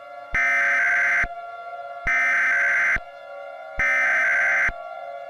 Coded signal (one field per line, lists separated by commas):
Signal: Emergency Alert System (SAME) tones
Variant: header bursts